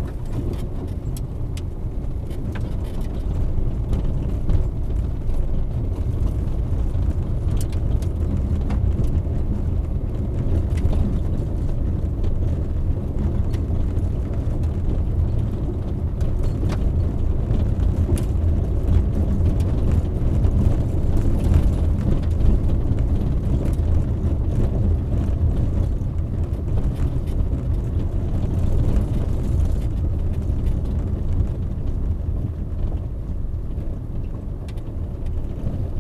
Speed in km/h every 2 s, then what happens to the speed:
16, 20, 24, 27, 29, 30, 29, 30, 30, 31, 31, 31, 30, 29, 28, 26, 23, 22.
0-9 speeds up to 30. 9-23 steady at about 30. 23-36 slows to 22.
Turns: none.